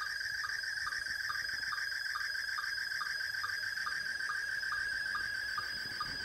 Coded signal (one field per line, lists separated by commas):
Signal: SSTV (slow-scan television)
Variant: Scottie 1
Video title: SSTV using Raspberry pi